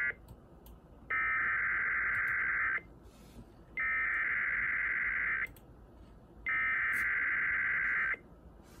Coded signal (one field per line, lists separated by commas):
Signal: Emergency Alert System (SAME) tones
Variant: header bursts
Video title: Immediate Evacuation for Mille Lacs County Minnesota EAS #36